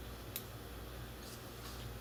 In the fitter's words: snaps in place